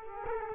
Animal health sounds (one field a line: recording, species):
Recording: mosquito wingbeat signal from an infrared sensor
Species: Culex quinquefasciatus